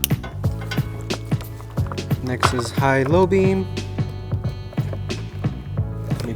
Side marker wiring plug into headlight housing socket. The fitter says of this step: make sure hear that click